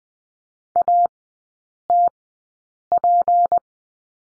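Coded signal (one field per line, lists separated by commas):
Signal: Morse code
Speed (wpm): 20 wpm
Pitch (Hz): 700 Hz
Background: none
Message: ATP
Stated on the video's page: Morse code course lesson on the letter B in three-character groups, Farnsworth speed 20/10 wpm.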